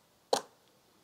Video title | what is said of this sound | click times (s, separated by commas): KTM890 Adv R with DMT Nav Phone Integration: Ultimate Off-Road Exploration! | Es lässt sich sehr einfach einrasten und lässt sich | 0.3 s